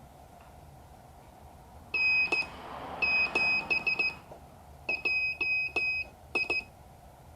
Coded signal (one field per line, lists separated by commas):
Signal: Morse code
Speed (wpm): 15 wpm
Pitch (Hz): 2550 Hz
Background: none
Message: N7JI